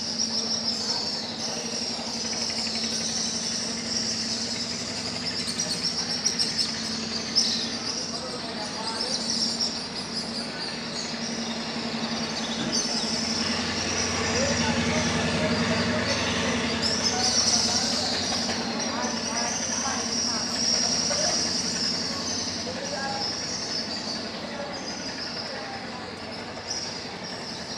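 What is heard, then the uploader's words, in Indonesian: Swiftlets nesting under a market bridge keep up a dense, continuous high twittering throughout. A steady low hum runs beneath, and from about 13 to 18 seconds a heavier rumble swells and fades, like traffic passing overhead. Kolong Walet. Suara dari anggota keluarga Burung Walet yang bersarang di sudut-sudut beton bawah Jembatan Pasar Sentral Pangkajene. Mereka terbang mengelilingi jembatan.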